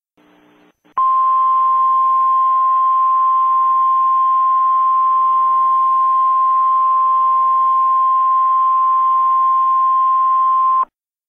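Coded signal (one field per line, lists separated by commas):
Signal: Emergency Alert System (SAME) tones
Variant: 1050 Hz attention tone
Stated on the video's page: Mock EAS alert, a simulated scenario rather than a real activation.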